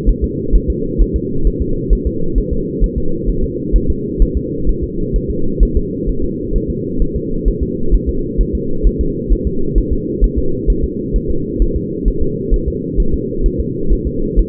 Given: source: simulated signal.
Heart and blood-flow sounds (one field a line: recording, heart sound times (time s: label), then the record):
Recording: fetal heart sounds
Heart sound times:
0.09 s: S1
0.24 s: S2
0.55 s: S1
0.70 s: S2
1.02 s: S1
1.16 s: S2
1.47 s: S1
1.62 s: S2
1.93 s: S1
2.07 s: S2
2.38 s: S1
2.52 s: S2
2.84 s: S1
2.98 s: S2
3.30 s: S1
3.44 s: S2
3.76 s: S1
3.90 s: S2
4.22 s: S1
4.37 s: S2
4.69 s: S1
4.83 s: S2
5.16 s: S1
5.30 s: S2
5.63 s: S1
5.77 s: S2
6.09 s: S1
6.24 s: S2
6.56 s: S1
6.70 s: S2
7.02 s: S1
7.16 s: S2
7.48 s: S1
7.63 s: S2
7.94 s: S1
8.09 s: S2
8.41 s: S1
8.55 s: S2
8.87 s: S1
9.01 s: S2
9.32 s: S1
9.47 s: S2
9.78 s: S1
9.92 s: S2
10.24 s: S1
10.38 s: S2
10.70 s: S1
10.84 s: S2
11.16 s: S1
11.30 s: S2
11.62 s: S1
11.76 s: S2
12.08 s: S1
12.22 s: S2
12.54 s: S1
12.68 s: S2
13.00 s: S1
13.14 s: S2
13.46 s: S1
13.60 s: S2
13.92 s: S1
14.07 s: S2
14.39 s: S1
From the record:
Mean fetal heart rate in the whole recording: 130 bpm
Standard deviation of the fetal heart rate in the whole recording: 2 bpm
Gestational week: 36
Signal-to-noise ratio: -8.1 dB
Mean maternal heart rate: 72 bpm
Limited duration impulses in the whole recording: absent